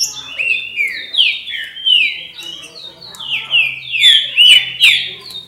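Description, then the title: Green-winged saltator singing loud, fluid downslurred whistles in near-continuous phrases, with a faint low hum in the background. "Trinca Ferro"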